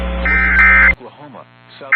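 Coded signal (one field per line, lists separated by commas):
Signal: Emergency Alert System (SAME) tones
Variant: end-of-message bursts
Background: speech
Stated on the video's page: Personally captured Oklahoma EAS alerts.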